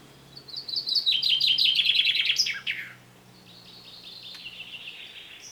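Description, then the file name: Common chaffinch song: a bright trill of repeated notes descending in pitch, ending in a quick flourish after about two seconds, followed by a fainter song. "Fringilla coelebs"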